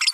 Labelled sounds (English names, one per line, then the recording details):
Green-rumped Parrotlet babbling
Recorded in a nest box in Venezuela
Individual 18B25A3